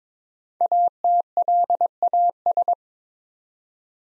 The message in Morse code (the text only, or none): ATLAS